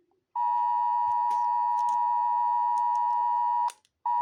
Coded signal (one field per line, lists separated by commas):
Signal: Emergency Alert System (SAME) tones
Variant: 853 and 960 Hz attention tone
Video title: rating all EAS alarms part 1